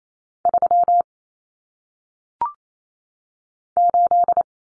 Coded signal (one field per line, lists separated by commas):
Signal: Morse code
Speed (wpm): 28 wpm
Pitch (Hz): 700 Hz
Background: none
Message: 3 8